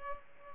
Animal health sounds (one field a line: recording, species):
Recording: mosquito wingbeat signal from an infrared sensor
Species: Culex pipiens